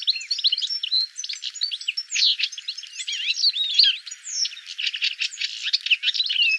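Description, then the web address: Bird calling: many dense chirps, whistles and quick buzzy notes pouring out almost without pause, all high-pitched, with no low sounds heard. "cianscape birddata Deverinetal 2025 File cleaned normalized Bird"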